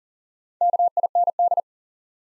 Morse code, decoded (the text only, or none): KIND